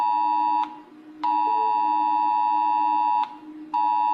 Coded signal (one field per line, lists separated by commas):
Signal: Emergency Alert System (SAME) tones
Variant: 853 and 960 Hz attention tone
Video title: Rating EAS Alarms w/ Nobita (Pt.1)